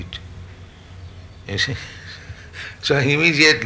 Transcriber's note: chuckles